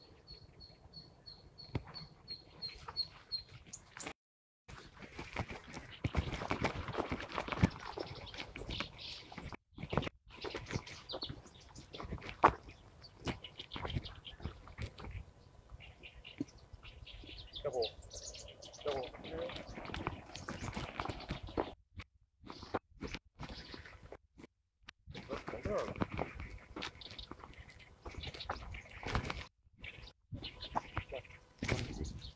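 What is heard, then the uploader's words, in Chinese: Several kinds of birds call along a riverbank, with a rapid run of high, evenly spaced chirps in the first few seconds. Afterward the sound turns dense and busy, with bursts of rustling, scraping noise, brief silent gaps, and scattered chirps throughout. 沙河北岸鸟鸣记录。在沙河观鸟三小时，记录下多种鸟类的叫声和自然的声音，当然还有人声。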